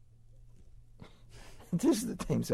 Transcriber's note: chuckles